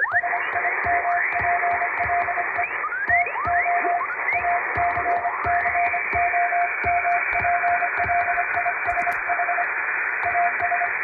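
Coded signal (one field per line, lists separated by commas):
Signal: Morse code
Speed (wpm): 25 wpm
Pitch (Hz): 700 Hz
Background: music, radio noise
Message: SIMPLE TO ACCOMPLISH AS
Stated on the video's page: Morse sent by hand on an MK-706 electronic keyer as live receiving practice for radio operator exams.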